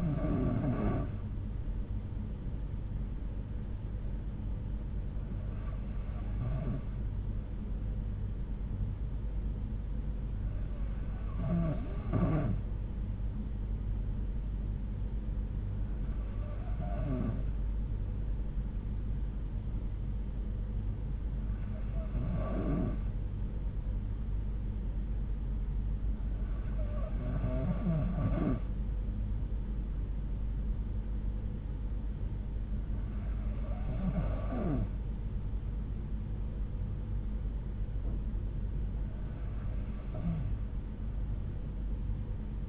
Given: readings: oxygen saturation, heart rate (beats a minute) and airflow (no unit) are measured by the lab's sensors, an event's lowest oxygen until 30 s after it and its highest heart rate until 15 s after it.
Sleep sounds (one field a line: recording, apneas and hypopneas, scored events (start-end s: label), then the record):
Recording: breathing in sleep by a smartphone at the bedside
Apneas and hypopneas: none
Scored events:
none scored
From the record:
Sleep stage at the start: N3 (deep sleep)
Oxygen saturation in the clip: 92 to 93%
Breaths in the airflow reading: 8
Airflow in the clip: -5.3 to 3.8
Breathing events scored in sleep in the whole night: 368 in 8.0 hours asleep